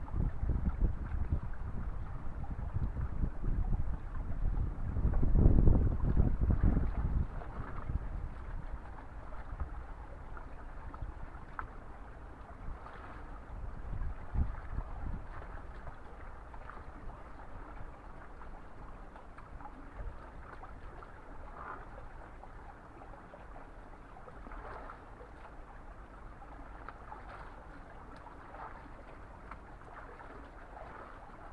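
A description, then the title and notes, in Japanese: Daikon radishes are washed in spring water, with continuous splashing and trickling throughout. A heavy, low sloshing burst comes around five to seven seconds and another near fifteen, then the water settles into a quieter, steady churn with occasional brighter splashes. 環境音 湧水で大根洗い。そのための大根洗いを、いつもの富士湧水の洗い場で行います。洗い場の向かいはお寺。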